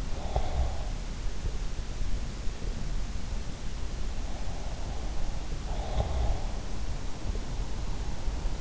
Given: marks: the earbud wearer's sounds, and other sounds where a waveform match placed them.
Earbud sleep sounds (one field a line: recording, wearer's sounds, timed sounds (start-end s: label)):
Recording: sounds in sleep by an in-ear microphone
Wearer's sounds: breath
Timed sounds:
0.00-1.03 s: breath
5.55-6.65 s: breath